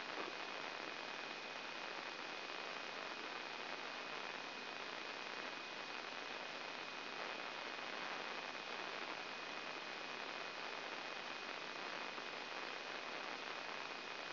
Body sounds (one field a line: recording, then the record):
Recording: brain microelectrode recording played as sound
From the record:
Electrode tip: inside the subthalamic nucleus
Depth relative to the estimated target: 2.5 mm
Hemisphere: right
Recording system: AlphaMap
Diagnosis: Parkinson's disease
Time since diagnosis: 9 years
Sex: male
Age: 53 years